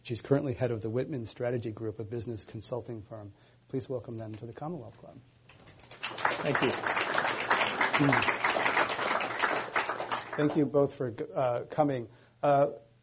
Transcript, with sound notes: She's currently head of the Whitman Strategy Group, a business consulting firm. Please welcome them to the Commonwealth Club.
[Applause]
Thank you.
Thank you both for coming.